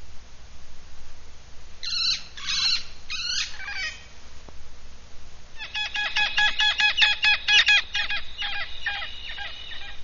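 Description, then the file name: Hispaniolan parrot giving a few harsh, raucous squawks, then a fast run of rapid, grating chattering notes that continues to the end. "Amazona ventralis - Cotorra"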